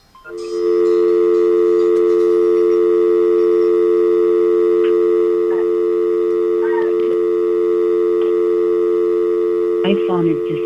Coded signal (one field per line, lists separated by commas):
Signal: telephone call progress tone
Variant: North America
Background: speech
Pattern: dial tone